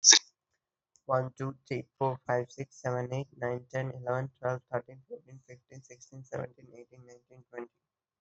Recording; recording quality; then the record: counting at a fast pace; excellent, no background noise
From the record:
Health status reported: healthy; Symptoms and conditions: none ticked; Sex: male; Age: 21 years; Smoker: not ticked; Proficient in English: no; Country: India